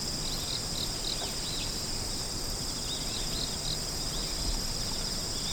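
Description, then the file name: Insect singing in two layered high drones, one shriller above the other, both continuous, with light chirps scattered through the background. "singing of insect"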